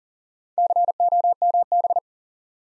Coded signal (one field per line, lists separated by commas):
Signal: Morse code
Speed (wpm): 38 wpm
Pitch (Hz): 700 Hz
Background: none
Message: COMB